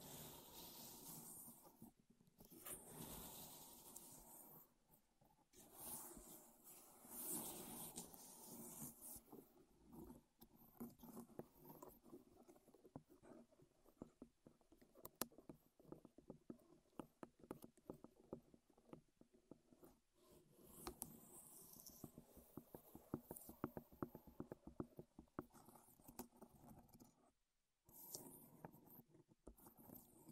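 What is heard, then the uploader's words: Wooden objects are tapped, scratched and rubbed in a busy, irregular stream of small clicks and knocks. Longer hissing scrapes come in the opening seconds, again around five to nine seconds and near twenty-five, with a brief silence just after. ASMR Wood Triggers in Your Ears (No Talking).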